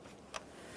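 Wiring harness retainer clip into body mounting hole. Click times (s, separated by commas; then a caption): 0.4 s. On a 2012-2015 Honda Civic 1.8L L4, a plastic wiring harness retainer clip is pushed into its body mounting hole near the air filter housing. A single short, sharp tick is heard at 0.4 s against a low steady background, and the clip is seated.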